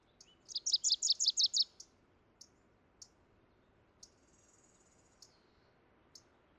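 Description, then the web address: Wilson's warbler song: a quick, even series of bright chattering notes, then scattered single high chips and one longer thin buzzy note. "soundandlightecologyteam"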